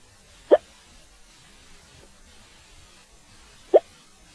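Two abrupt, sharp hiccups from an adult, about three seconds apart, over quiet room background.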